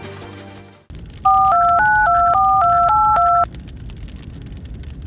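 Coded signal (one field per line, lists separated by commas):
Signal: DTMF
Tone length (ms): 290 ms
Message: 42924282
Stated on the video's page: Fake, hypothetical EAS scenario of a tornado outbreak with a tornado hitting a beach.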